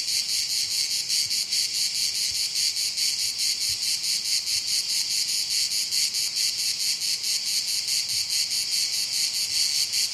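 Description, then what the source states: Cicadas giving a high, hissing drone that swells and dips rapidly and runs from start to end. Cicadas calling on a hot summer day.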